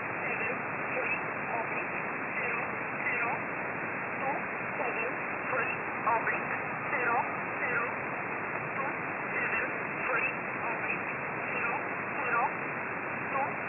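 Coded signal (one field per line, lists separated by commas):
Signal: numbers station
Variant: E11 Oblique, English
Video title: 17 02 2022 Number station E11 Oblique in English to Eu 0930 on 7469 unknown tx site in USB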